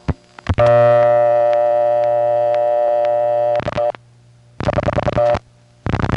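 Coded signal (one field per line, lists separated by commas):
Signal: none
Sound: telephone network ring tones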